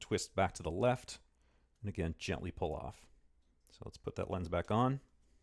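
An interchangeable lens is being handled to go back onto a DSLR camera body's bayonet mount while someone talks. Nothing has seated or clicked yet; the lens is not yet twisted home and locked.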